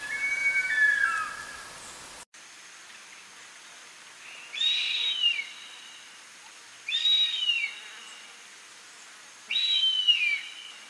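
Bird song: a lower slurred phrase, then after a brief break three high, downward-sliding whistled phrases a couple of seconds apart.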